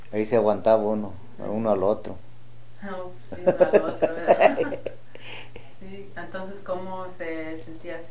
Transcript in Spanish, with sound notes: Ahí se aguantaba uno al otro. (risas)
Entonces, ¿cómo se sentía así?